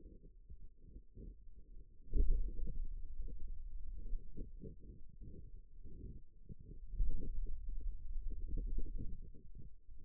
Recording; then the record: forearm muscle sounds (acoustic myography)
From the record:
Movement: pen grasping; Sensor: system 2, bracelet of six BSWA MPA416 microphones around the upper forearm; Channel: 4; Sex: male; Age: 22 years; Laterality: right